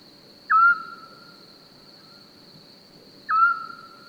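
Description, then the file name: Eurasian scops owl calls: a single soft, mellow whistle, repeated once after nearly three seconds, with a constant thin high tone running underneath. Recorded 27 May 2021 at 22:45 in Francheville. "Hibou-petit-duc 2245 Francheville"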